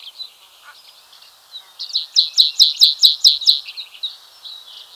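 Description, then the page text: White-capped bunting delivering a rapid burst of about seven crisp, high repeated notes, with quiet chattering notes leading in and trailing off. "White-Capped Bunting Song. Quick Sounds"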